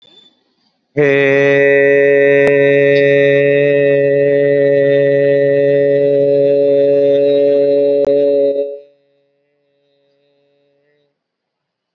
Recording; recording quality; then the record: sustained vowel as in made; excellent, no background noise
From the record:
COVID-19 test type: RT-PCR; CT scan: not taken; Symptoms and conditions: none ticked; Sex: male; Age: 29 years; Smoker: no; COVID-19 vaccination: both doses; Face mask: worn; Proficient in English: yes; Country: India